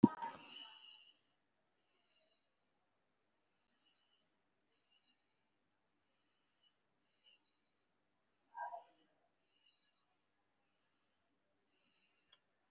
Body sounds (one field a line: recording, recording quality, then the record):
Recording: deep breathing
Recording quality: moderate, slight background noise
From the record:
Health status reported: recovered from COVID-19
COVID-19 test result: positive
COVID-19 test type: RT-PCR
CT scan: taken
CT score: 0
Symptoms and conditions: breathing difficulty, fatigue, muscle pain, pneumonia, another respiratory illness, hypertension, another condition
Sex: male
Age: 54 years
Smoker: yes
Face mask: not worn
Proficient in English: yes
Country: India